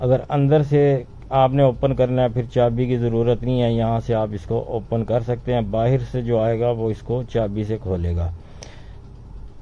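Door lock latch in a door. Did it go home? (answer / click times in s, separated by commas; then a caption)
yes / 8.6 s. A large door lock mounted on a door is operated so that it latches shut, while someone talks over most of the clip. The speech stops, and a single sharp click is heard at 8.6 s as the lock latches.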